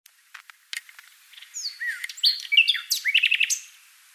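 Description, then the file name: Common nightingale song, a rich phrase of swooping whistles and chirps building to a fast sequence of repeated notes. "Luscinia megarhynchos"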